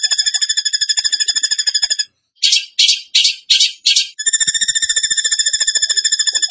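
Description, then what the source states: Bird song: a ringing rapid trill, then five separate short buzzy bursts, then the fast ringing trill again. Masteran training recording in the tembakan gacor style.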